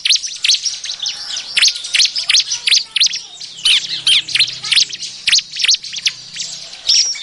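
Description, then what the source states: Bar-winged prinia calls, a dense run of sharp, high chirps and squeaky notes, rapidly repeated with brief pauses, several notes overlapping throughout. Noisy calling, offered as an effective lure sound.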